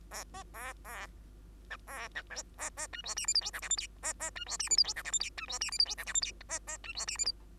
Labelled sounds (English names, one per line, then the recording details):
Bengalese Finch song
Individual Bird2